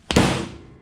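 A rubber dust seal is tapped into the top of the outer fork tube on a 2018 Suzuki RM-Z450 with a single sharp impact at 0.1 s. A second, longer thud follows at 0.2 s and rings out briefly. The seal ends up seated flat all the way around.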